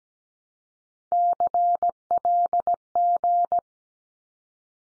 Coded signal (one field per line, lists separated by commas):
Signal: Morse code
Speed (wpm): 17 wpm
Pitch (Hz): 700 Hz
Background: none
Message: CLG